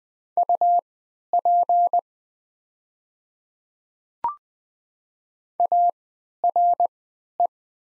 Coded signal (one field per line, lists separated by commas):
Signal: Morse code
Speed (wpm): 20 wpm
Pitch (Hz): 700 Hz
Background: none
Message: UP ARE